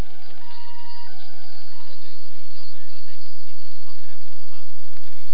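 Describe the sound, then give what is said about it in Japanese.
A distant ambulance siren at night sounds in high, steady tones ringing in the sky, fading after a couple of seconds, leaving a hissy, murmuring background of noise. “救急車の音が遠く高く空に響いていた。”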